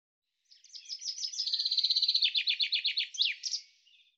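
Common chaffinch singing one bright, rattling phrase of rapid repeated notes that drop in pitch, ending in a sharp flourish, lasting about three seconds in a quiet setting.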